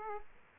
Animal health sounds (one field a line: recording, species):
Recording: mosquito wingbeat signal from an infrared sensor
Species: Aedes aegypti